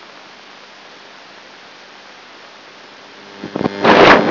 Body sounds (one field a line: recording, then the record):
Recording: brain microelectrode recording played as sound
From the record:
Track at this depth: outside the subthalamic nucleus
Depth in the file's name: 0.01 mm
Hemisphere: left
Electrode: 3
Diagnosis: Parkinson's disease